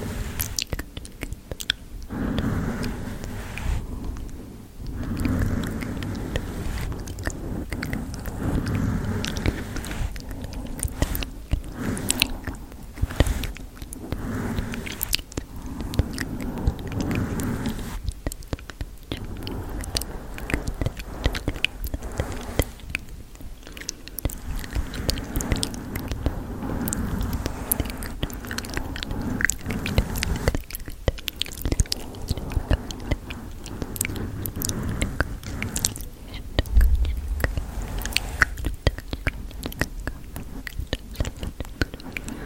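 Mic brushing with inaudible whispers, layered into a dense, steady texture of soft scratching and rustling. Quick crackly strokes and small clicks repeat throughout the 42 seconds, over a low murmuring undertone, with brief quieter dips near 5 and 31 seconds.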